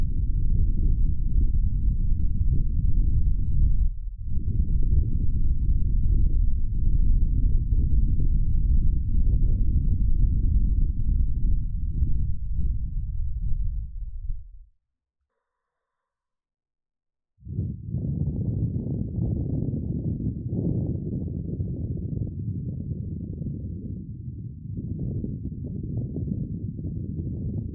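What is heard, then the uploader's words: Blowing into an ear makes a muffled low roar that holds steady with a brief dip near four seconds. It fades out around fourteen seconds and falls fully silent for about three seconds. Then it returns, a touch brighter and slightly more uneven, until the end. 在你耳邊吹氣 | Ear Blowing | NO Talking.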